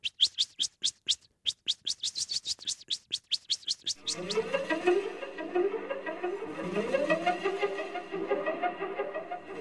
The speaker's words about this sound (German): Nun kommt die Katze näher. Man braucht es gar nicht zu sehen, man hört es, dass die Katze kommt. Kommt die Katze noch näher, fängt sie an zu tixen. Das kann ich gar nicht so scharf und so schrill, wie die Amsel das kann.